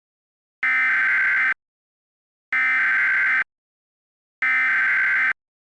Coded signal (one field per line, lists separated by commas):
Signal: Emergency Alert System (SAME) tones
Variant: header bursts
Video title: (EAS Scenario) Wintery Wallop